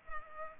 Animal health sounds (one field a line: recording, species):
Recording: mosquito wingbeat signal from an infrared sensor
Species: Culex pipiens